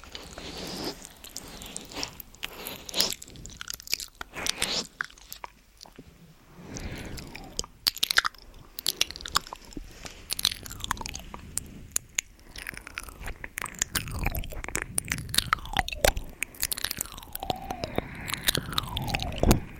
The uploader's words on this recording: MOUTH SOUNDS & EAR EATING Tascam & Dummyhead.